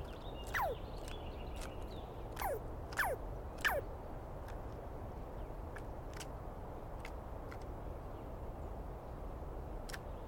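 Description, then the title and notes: Douglas squirrel giving four descending, rasping screeches in the first four seconds, followed by scattered faint clicks over a low rumble. Douglas pine squirrel screaming at length at dawn on 21 April 2017 in the East Cascades; identified by its sound, not seen well. "Interview With The Chipmunk. On the morning of 21 April, 2017, I set up my microphones and recorder for a nice dawn recording in the East Cascades. I was started awake by a screaming Douglas Pine Squirrel"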